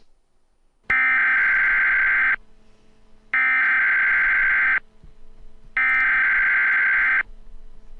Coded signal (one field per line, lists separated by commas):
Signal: Emergency Alert System (SAME) tones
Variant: header bursts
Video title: EAS Gets Interrupted by the EAS